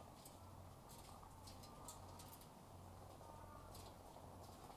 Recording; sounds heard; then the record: poultry house recording; sick chickens (respiratory disease)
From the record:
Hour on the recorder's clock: 12